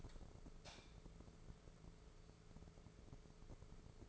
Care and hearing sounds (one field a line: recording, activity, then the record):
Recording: daily activity, microphone in the room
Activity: light on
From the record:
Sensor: 5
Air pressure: 1014.8 hPa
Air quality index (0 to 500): 170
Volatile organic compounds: 6 ppm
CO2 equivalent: 1862 ppm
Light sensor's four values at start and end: 79/189/79/84 and 103/247/105/114